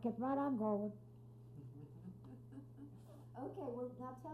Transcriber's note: laughs